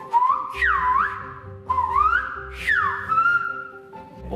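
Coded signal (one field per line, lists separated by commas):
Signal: whistled language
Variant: Silbo Gomero, French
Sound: two phrases of gliding, swooping whistle rising and falling like speech intonation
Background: low background drone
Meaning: Hello, how are you?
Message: Bonjour, comment ça va?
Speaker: Dit betekent dat Silbo elke andere taal kan reproduceren. Weet jij wat dit betekent?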